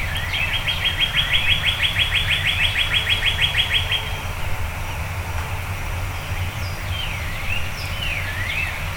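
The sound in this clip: Birds singing before dawn, opening with a rapid trill, followed by quieter rising-and-falling whistles near the end, over a low rumbling background.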